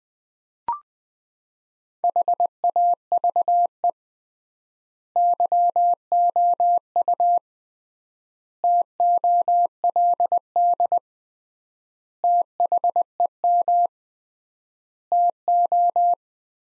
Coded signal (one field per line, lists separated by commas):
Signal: Morse code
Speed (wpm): 20 wpm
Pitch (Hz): 700 Hz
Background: none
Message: HAVE YOU TOLD THEM TO